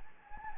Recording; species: mosquito wingbeat signal from an infrared sensor; Anopheles gambiae